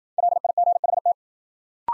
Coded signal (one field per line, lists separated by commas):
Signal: Morse code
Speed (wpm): 53 wpm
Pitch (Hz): 700 Hz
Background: none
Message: LIGHT